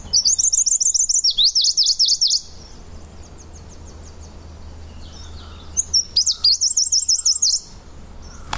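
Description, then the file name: Claudia's leaf warbler giving very high, rapid trills of sharp up-and-down notes, a long burst first, then a pause, then a second shorter burst, over a low steady hum. "warbler-claudias-leaf -Phylloscopus-claudiae"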